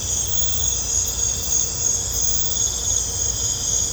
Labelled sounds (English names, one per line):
none